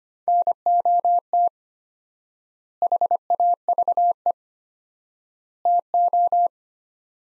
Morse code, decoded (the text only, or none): NOT HAVE TO